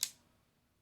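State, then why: Seated. A borrowed liner lock folding knife is flicked open with extra force, and its metal liner snaps behind the steel blade tang with a single sharp click at 0.03 s, followed by a quick fade to quiet. The blade is confirmed locked up, although this knife usually fails to lock.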